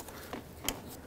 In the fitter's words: we go that one clicked and now you would do the same to all the rest